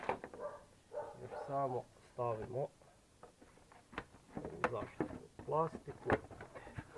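On a Citroen Xsara 1.4 HDI, after the turbo pipe is replaced, the protective engine cover over the turbo pipe area is being refitted and handled while someone talks. Short knocks and taps from the handling are heard, the strongest near 4.6 s. Nothing has seated or clicked yet.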